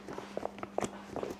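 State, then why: Seated. A hose nozzle fitting is pushed into the port on the back of a collapsible water container, a plastic quick-connect, with a few short taps and knocks around 0.4, 0.5, 0.6 and 1.2 seconds. A sharp click at 0.8 seconds marks the nozzle snapping in and seating.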